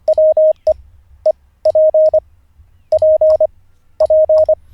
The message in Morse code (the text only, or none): WE E P P P